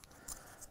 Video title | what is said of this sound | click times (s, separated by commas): How to make your own electric roller blind - part 4 - mounting brackets and wall installation | clicks in like so you | 0.0 s